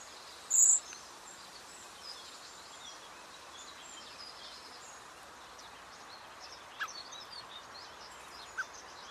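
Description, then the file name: Common blackbird making one sharp, high thin call at the start, followed by quiet background with a couple of faint clicks. "Turdus merula"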